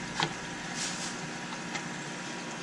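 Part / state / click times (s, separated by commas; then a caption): hose connector into culture container port / seated / 0.2 s. A second plastic hose fitting is pushed into the port of a culture container and clicks into place at 0.2 s with a short, sharp snap. Softer rustling and handling noise follow, and the fitting is seated.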